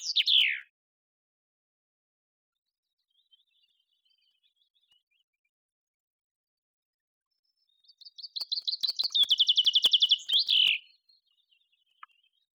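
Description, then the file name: Common chaffinch giving one loud downslurred note, then after a long pause a full song of rapid repeated high notes accelerating into a trill and ending with a falling flourish. "Fringilla coelebs"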